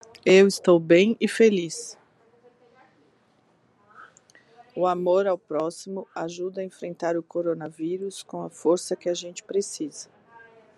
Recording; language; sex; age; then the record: spoken sentence; Brazilian Portuguese; female; 50 to 59 years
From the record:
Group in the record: control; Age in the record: 53 years